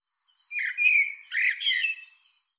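Bird call: a single short, squeaky twittering phrase of buzzy, slurred notes.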